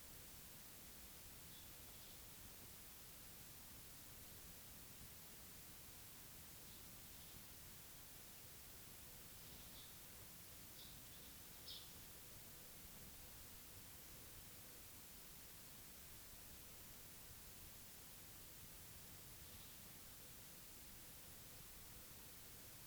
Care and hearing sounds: daily activity, guitar pickup as the sensor; lie down

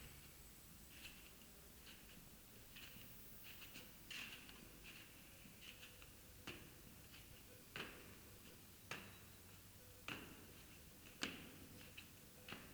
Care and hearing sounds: daily activity, guitar pickup as the sensor; go upstairs

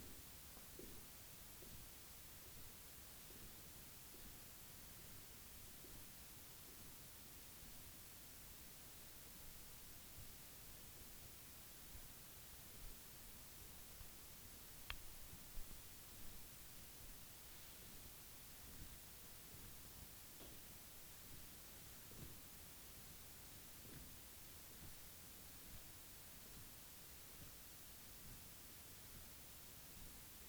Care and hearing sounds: daily activity, guitar pickup as the sensor; jump

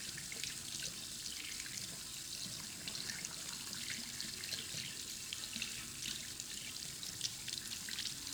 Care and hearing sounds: daily activity, guitar pickup as the sensor; wash hands

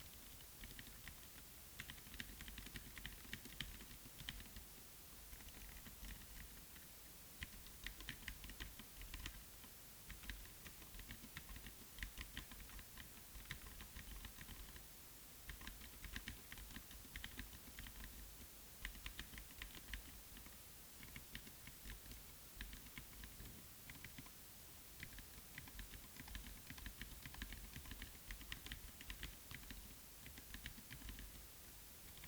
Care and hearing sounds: daily activity, guitar pickup as the sensor; type

